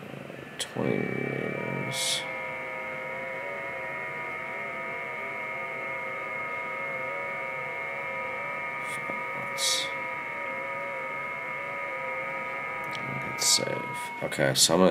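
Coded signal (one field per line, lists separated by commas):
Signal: FT8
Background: speech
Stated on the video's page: FT8 on a QRP Labs QMX QRP transceiver driven by the iOS app iFTx via Lightning-to-USB adapter and USB-C.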